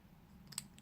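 A replacement voice record unit is pressed down into the plastic torso housing of a Space Commander action figure being converted to an Army Commander. Over a low steady hum, two sharp plastic clicks sound at 0.5 s and 0.6 s, followed by a faint tick at 0.8 s. The unit is seated down into its groove locators.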